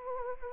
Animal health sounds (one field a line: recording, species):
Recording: mosquito wingbeat signal from an infrared sensor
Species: Anopheles arabiensis